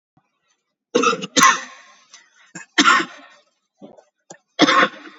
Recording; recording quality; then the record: heavy voluntary cough; excellent, no background noise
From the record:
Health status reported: COVID-19 positive, mild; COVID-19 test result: positive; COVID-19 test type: RT-PCR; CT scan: taken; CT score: 0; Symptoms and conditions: cough, cold, sore throat, fever, fatigue, loss of smell and taste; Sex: male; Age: 63 years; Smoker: no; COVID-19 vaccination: both doses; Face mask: worn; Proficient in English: yes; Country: India